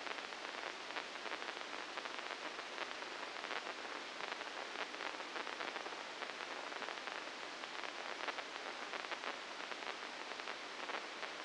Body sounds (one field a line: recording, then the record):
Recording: brain microelectrode recording played as sound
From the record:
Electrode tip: inside the subthalamic nucleus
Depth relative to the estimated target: -4 mm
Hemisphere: right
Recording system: NeuroSet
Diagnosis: Parkinson's disease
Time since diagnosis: 9 years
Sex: female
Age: 51 years